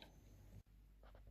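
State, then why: Seated. A metal bobbin case is pushed at an angle into the shuttle race of a vintage SAF Pinnock sewing machine made in Australia, and it seats with a short click at 0.0 seconds. Low handling sounds follow, with a brief silent gap near 0.6 seconds and a few soft knocks after 1.0 seconds. The bobbin case is seated in the shuttle.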